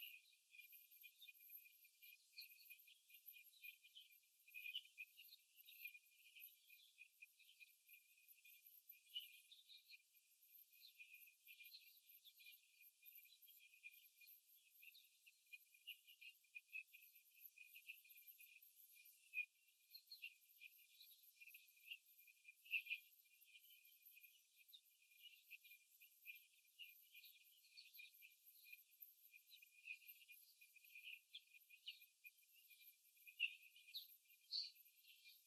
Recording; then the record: young laying hens in a cage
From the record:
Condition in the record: after the stressor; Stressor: simulated dog barking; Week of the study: 3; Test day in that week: 2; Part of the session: 2